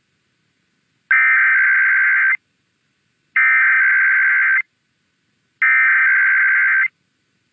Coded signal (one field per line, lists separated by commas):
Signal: Emergency Alert System (SAME) tones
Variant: header bursts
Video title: Monday IPAWS Tests (EAS #648-654) 8/26/24